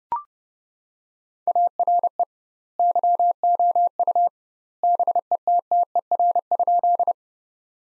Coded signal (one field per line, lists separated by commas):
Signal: Morse code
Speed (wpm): 30 wpm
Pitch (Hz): 700 Hz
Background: none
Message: ARE YOU BETTER?